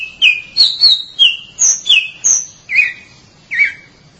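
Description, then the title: Oriental magpie-robin song of about nine sweet whistled notes, some sliding down, others high and thin, delivered quickly with slight breaks near the end. "Suara Kicauan Burung Kacer"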